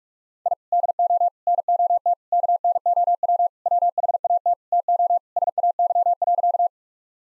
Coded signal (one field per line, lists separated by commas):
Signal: Morse code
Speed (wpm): 45 wpm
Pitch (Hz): 700 Hz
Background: none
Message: I DO NOT KNOW WHAT TO SAY.